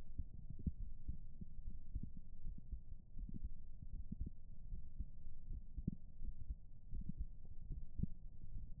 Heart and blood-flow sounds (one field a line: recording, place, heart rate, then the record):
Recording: heart sounds by stethoscope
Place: pulmonary valve (PV)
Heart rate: 80 bpm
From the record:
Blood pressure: 125/74 mmHg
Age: 36 years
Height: 175 cm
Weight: 72 kg